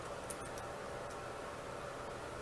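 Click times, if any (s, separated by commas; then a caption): 0.3 s. While rebuilding the fork of a 2011 RMZ 450 dirt bike, the fork rod is spun onto the damper rod of the motorcycle fork until it clicks down into place. A single short, sharp click stands out at 0.3 s over a steady background hiss. The rod is seated on the damper rod.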